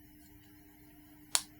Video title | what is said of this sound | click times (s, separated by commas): My Setup As A Relatively New Creator - Camera, Tripods, Lighting and More | it clicks in place. | 1.3 s